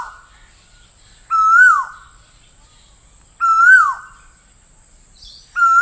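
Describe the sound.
Bird calls, a loud harmonic note that rises then drops sharply, given three times about every two seconds over a steady high hum.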